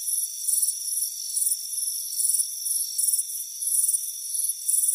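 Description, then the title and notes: Crickets trill in rapid high bursts, more than three a second at times, over an unbroken high-pitched hum. Crickets chirping on a warm afternoon by a front porch. "Soothing Crickets Chirping Sound. It's a warm afternoon as you relax in a hammock on the front porch. Relax and fall asleep to the soothing sound of chirping crickets. Deep Sleep Sounds"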